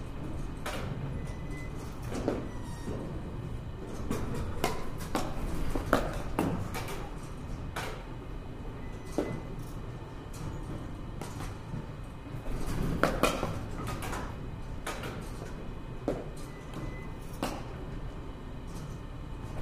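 Sharp cracks ring out at a batting cage every second or so, some grouped in quick bursts, a few louder around the thirteen-second mark. Beneath them runs a steady low rumble of machinery, with faint clatter and thuds between hits.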